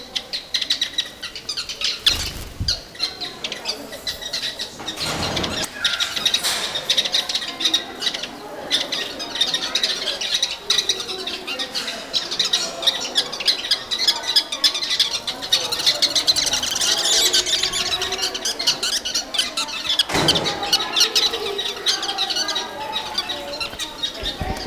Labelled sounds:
Sociable Weaver call
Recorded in captivity
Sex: group
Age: adult
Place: Tiergarten Wilhelma/Stuttgart, Baden-Württemberg, DE
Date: 2000-09-24 14:35
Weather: sunny, 18°C
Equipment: Nagra SN, Kopie Uher 4000 Report Monitor
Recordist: Tembrock, Günter

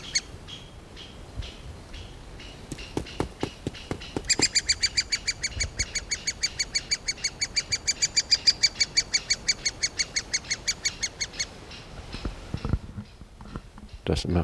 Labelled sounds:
Great Spotted Woodpecker call
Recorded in the wild
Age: juvenile
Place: Mühlenbecker Wald, Brandenburg, DE
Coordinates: 52.6833, 13.4
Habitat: forest
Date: 1988-06-04 11:44
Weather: bedeckt, 18-20°C, Wind
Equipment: Nagra SN, Kopie Tesla B 116
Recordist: Tembrock, Günter
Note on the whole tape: Nochmals die Jungen in der Höhle, wiederholt durch Klopfen an den Baum aktiviert

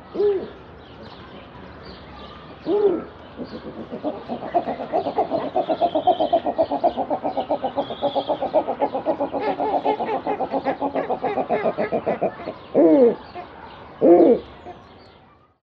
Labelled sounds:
Snowy Owl
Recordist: Tembrock, Günter
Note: Rufe eines Männchens bei Paarungsversuch

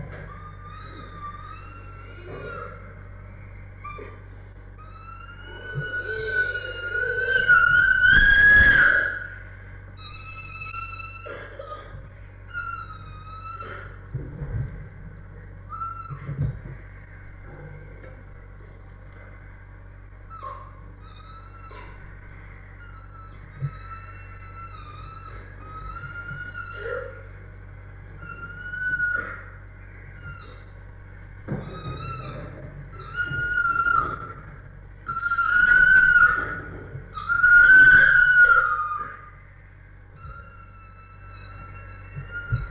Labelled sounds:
Chimpanzee
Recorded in captivity
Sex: diverse
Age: adult
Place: Tierpark Berlin, Berlin, DE
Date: 1961-01-25
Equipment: Smaragd
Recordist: Korde and Stein
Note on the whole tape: S 579 b): Monika : Futterbetteln, Schreien; Monika und Susi: Schreien; Jussub (Orang): wütendes Quieken; Monika schreit; Susi: Gitterrütteln und wüten (Berufspraktikum-Protokoll)

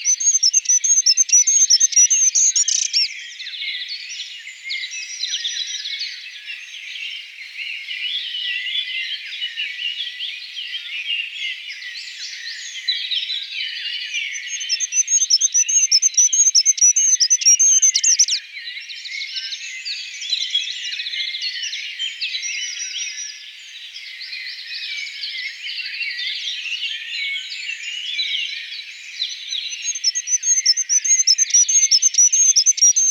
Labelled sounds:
Goldcrest song
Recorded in the wild
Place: Kandel /Schwarzwald; Gemeinde Waldkirch, Baden-Württemberg, DE
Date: 1977-06-12
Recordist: Schwarz, Dieter

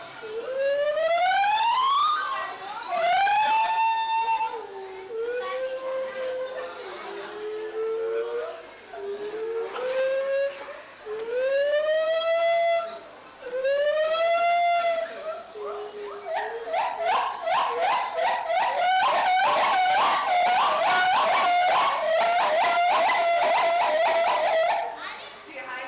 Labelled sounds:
Lar Gibbon
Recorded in captivity
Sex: diverse
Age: diverse
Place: Tiergarten Wilhelma/Stuttgart, Baden-Württemberg, DE
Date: 2004-10-03 16:50
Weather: bedeckt - heiter, 17°C
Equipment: Sony WM-D6C, Sennheiser ME 80, Kopie Uher 4000 Report Monitor
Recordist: Tembrock, Günter
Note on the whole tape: Männchen, Weibchen (fast erwachsenes Jungtier), Kind (hohe Laute): diverse Lautformen, Rufreihen, Duette

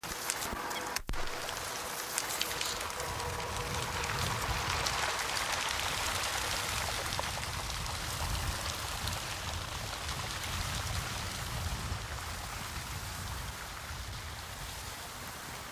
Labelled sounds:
Eurasian Coot
Mallard
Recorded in the wild
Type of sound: running on water
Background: Anas platyrhynchos
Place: Stubbenfelde, Insel Usedom, Mecklenburg-Vorpommern, DE
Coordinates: 54.035, 14.0311
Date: 1983-09-27
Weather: schwach sonnig, diesig, leichter Nebel, 13°C
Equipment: Nagra SN, Sennheiser MKH 416 T, Kopie Uher 4000 Report Monitor
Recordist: Tembrock, Günter
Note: Abfliegende Stockente und wasserlaufende Bleßralle (Kölpinsee)

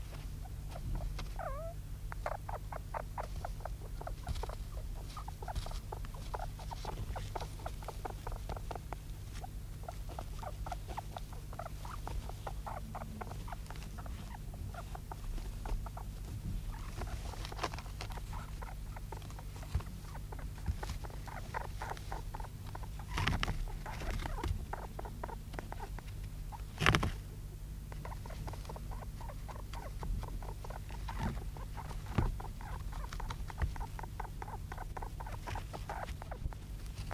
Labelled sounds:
European Mole call
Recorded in captivity
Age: juvenile
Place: Zoologisches Institut der HUB, Berlin, DE
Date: 1967-04-02
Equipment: SJ 103/2, Studioband Agfa PE 22
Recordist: Tembrock, Günter
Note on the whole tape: Wahrscheinlich junges Männchen: Laute beim sich-unterkuscheln unter ein Tuch. Tier wurde während eines Kampfes mit einem Männchen am 2.4.1967 von Dr. Peters gefangen. Aufnahme in Schallkammer

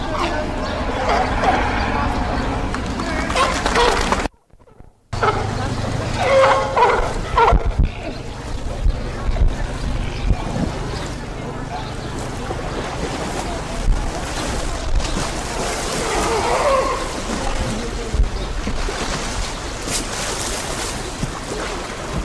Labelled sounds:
California Sea Lion call
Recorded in captivity
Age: adult
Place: Zoo Berlin, Berlin, DE
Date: 2007-06-07 15:30
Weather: slightly overcast, ca. 30°C
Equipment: Sony WM-D6C, Sennheiser ME 80
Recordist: Tembrock, Günter

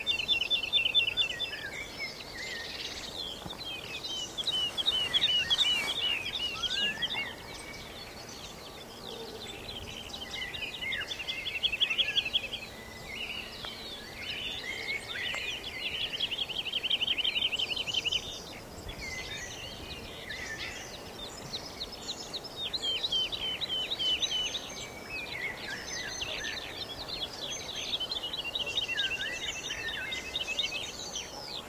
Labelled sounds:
Wood Lark flight song
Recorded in the wild
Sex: male
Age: adult
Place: Brunow, Gamengrund, Brandenburg, DE
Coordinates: 52.7272, 13.8911
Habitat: field
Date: 1995-04-16 19:00
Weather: overcast, intermittent rain, 4°C, weak winds
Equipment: Sony WM-D6C, Sennheiser ME 80, K 30 AV (III), Kopie Revox C 270
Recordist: Frommolt, Karl-Heinz

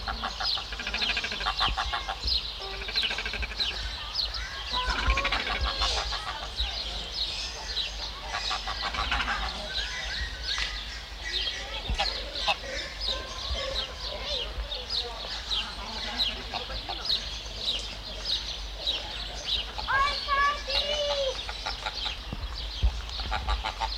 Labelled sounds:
Great Cormorant
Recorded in captivity
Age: adult
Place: Zoo Halle, Sachsen-Anhalt, DE
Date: 1993-04-24 10:08
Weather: heiter, 16-24 °C
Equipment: Sony WM-D6C, Sony ECM-939 LT, Kopie Uher Variocord 263
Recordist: Tembrock, Günter

